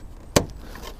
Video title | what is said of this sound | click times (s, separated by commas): Mk5 GOLF : How to UPGRADE or REPLACE HEADLIGHT BULBS | click into place lovely set side burn rubber | 0.4 s